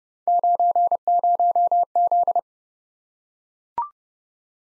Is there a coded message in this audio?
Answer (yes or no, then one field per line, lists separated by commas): yes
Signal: Morse code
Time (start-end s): 0.3-2.4 s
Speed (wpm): 31 wpm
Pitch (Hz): 700 Hz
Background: none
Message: 90Z